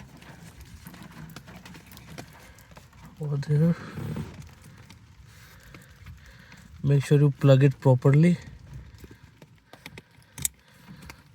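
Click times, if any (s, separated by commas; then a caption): 10.4 s. A wiring harness connector is plugged back onto the blower motor under the dash of a 2008 Chevy Aveo while someone talks. Faint handling taps come and go, then one loud, sharp click at 10.4 s marks the connector seating in.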